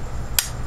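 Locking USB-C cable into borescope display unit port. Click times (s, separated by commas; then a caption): 0.4 s. A grooved USB-C cable is pushed into the port of a Teslong rigid rifle borescope display unit until its grooves lock it in place. A single sharp click is heard at 0.4 s over a quiet background. The cable is now locked in and cannot be pulled out without pressing a release button.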